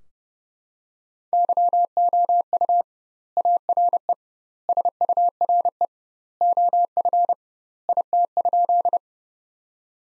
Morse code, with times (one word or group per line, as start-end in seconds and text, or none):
1.3-2.8 YOU
3.4-4.1 ARE
4.7-5.9 SURE
6.4-7.3 OF
7.9-9.0 IT?